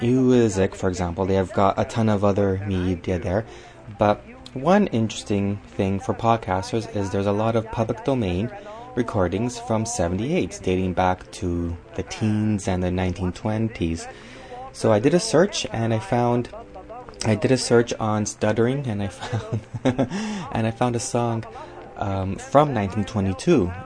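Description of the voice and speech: An adult man speaks over soft background music, repeating 'I found' three times with stretched, prolonged sounds: stuttering-type phrase repetitions.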